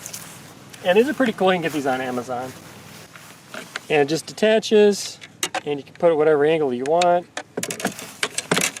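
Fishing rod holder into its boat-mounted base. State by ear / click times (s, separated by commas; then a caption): seated / 8.2 s. Someone talks while a detachable fishing rod holder is pushed back into its mount on a boat, with a few sharp plastic-like knocks near the end. The holder snaps back into its base with the loudest sharp click at 8.2 s, seated.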